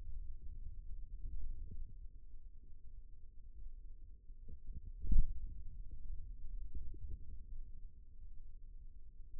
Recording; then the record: forearm muscle sounds (acoustic myography)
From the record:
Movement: finger pinch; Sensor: system 2, bracelet of six BSWA MPA416 microphones around the upper forearm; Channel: 3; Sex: male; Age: 22 years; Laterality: right